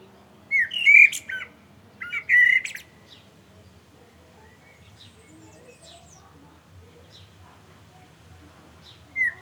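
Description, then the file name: Common blackbird song: two short fluted warbles in quick succession, each ending in a squeaky high twitter, with a third phrase starting at the end. "Turdus merula"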